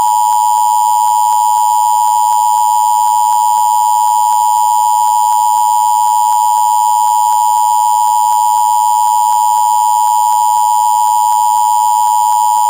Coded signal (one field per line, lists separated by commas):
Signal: Emergency Alert System (SAME) tones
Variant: 853 and 960 Hz attention tone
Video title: EAS tornado warning Dover